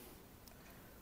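While a dimmable ceiling spotlight is being installed, the neutral and live mains wires are pushed into the fixture's quick-connect clip terminal over a steady low background hiss. A small, sharp tick at 0.5 s marks the wires clipping in and seating in the terminal.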